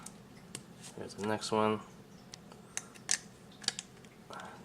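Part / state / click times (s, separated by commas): plastic figure arm into torso shoulder joint / seated / 3.7 s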